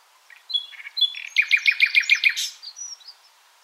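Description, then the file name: Common nightingale song phrase: soft introductory notes followed by a quick series of loud repeated chirps, fading with a thin whistle. "Luscinia megarhynchos"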